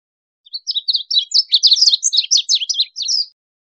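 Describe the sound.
High, quick bird chirps run together into a tumbling twitter for nearly three seconds, with nothing else audible.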